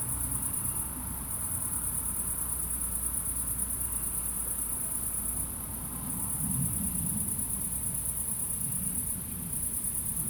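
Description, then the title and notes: Cricket chorus, a high pulsing trill that drops briefly a few times, over low traffic rumble and a faint hum. Crickets recorded at night in Aveize, France, with a few cars in the distance; captured with DPA-2006c microphones in AB position on a Mixpre-3 recorder. "69610 Aveize, France - Grillons - Crickets. Grillons la nuit, quelques voitures dans le lointain. Crickets at night, cars in the distance"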